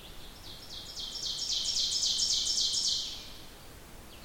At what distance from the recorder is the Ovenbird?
about 20 m